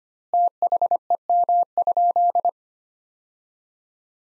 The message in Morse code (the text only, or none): THEM?